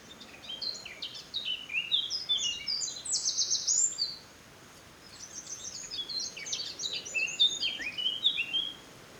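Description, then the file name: Eurasian wren song in two bursts, each a rapid cascade of high, clipped notes with a dense buzzy trill in the first, separated by a short gap. "Troglodytes troglodytes"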